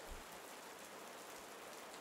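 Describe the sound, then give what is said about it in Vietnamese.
Steady rain pours down from a gloomy, overcast sky in an even, continuous hiss with no pauses or voices, a dense wash of droplets holding at a constant level throughout. “Bầu trời vẫn âm u ảm đạm, chưa có dấu hiệu sẽ ngớt mưa.”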